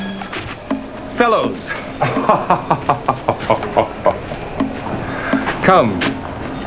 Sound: laughing